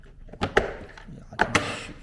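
A plastic snap piece on the leg bracket of a Naturehike LingJun 60L folding storage box is pressed into the box frame. Sharp, loud snaps sound at 0.6, 1.4 and 1.6 seconds, with quieter knocks around them. The snap joint seats into place.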